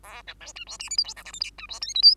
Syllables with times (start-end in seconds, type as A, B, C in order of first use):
0.03-0.22 A, 0.27-0.34 B, 0.40-0.53 C, 0.56-0.64 D, 0.67-0.78 E, 0.79-0.89 F, 0.90-0.97 G, 0.97-1.04 H, 1.04-1.14 I, 1.16-1.24 J, 1.25-1.32 K, 1.33-1.40 L, 1.40-1.50 M, 1.58-1.67 D, 1.69-1.80 E, 1.81-1.94 N, 1.94-2.02 O, 2.02-2.15 P